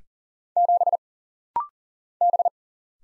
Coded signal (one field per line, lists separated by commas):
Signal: Morse code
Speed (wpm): 40 wpm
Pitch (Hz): 700 Hz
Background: none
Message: 7 B